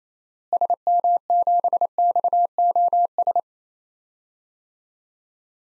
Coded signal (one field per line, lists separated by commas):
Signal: Morse code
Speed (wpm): 28 wpm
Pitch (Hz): 700 Hz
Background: none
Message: SM7XOS